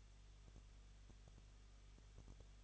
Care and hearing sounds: daily activity, microphone in the room; no activity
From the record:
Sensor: 4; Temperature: 23.0 degrees Celsius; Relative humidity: 34.1%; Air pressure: 1007.4 hPa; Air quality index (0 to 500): 214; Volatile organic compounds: 14 ppm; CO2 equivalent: 2461 ppm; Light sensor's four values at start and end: 2/3/1/1 and 2/3/1/1

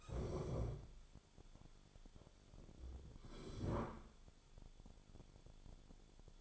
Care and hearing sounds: daily activity, microphone in the room; stand up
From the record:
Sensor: 5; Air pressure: 1015.3 hPa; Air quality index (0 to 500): 176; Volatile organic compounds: 6 ppm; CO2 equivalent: 1916 ppm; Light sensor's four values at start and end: 36/83/33/32 and 35/80/32/31

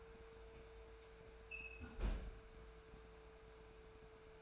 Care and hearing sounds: daily activity, microphone in the room; close fridge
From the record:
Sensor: 2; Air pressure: 1014.7 hPa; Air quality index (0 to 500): 191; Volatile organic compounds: 16 ppm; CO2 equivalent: 2526 ppm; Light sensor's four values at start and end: 9/23/9/10 and 9/23/9/10

